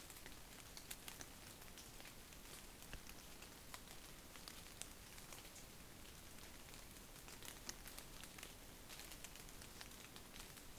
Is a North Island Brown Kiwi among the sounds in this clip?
no